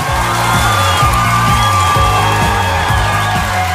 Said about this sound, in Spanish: Y lo he dicho sin trabarme, me pongo los aplausos, pero de ya.